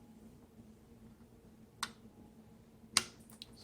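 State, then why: Seated. A SATA power cable plug is pushed onto the power port of a 2.5-inch drive being installed in a Dell Optiplex 9020 SFF. A sharp snap comes at about 1.8 s, then the connector clicks in at 3.0 s, followed by a faint tick near 3.4 s. The connector is seated.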